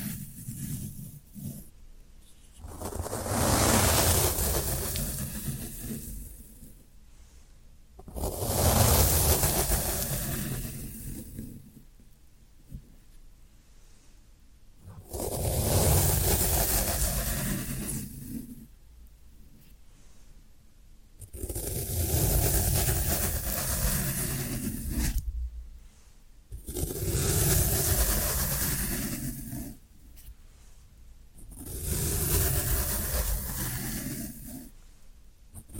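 Floral foam is scraped and crushed in bursts lasting a few seconds, repeating roughly every five seconds with quieter rustling in between.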